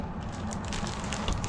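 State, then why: Not seated. A Murphy bed in a 2021 Surveyor Legend 203RKLE travel trailer is pushed back up into the wall toward its spring-loaded latch, with steady rustling handling noise and brief knocks at about 0.5, 1.1 and 1.3 seconds. Nothing has seated or clicked yet; the clip ends just before the latch locks the bed in place.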